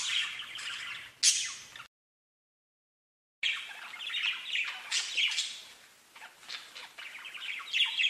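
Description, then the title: Budgerigar chatter, scratchy warbled chirps and a sharp squawk, broken by a short silent gap, then resuming busily. "Budgie Sounds"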